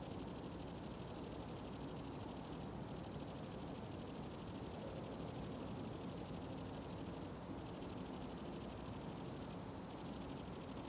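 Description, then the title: Grasshopper song as a sustained high, finely ticking buzz that stops briefly three times, set against a quiet low background rumble. Summer ambience at the farm of Villers Abbey, Villers-la-Ville, Belgium; several grasshoppers; recorded on Sony PCM-D100 internal microphones in wide position. "Ferme de lAbbaye de Villers, 1495 Villers-la-Ville, Belgique - Grasshoppers"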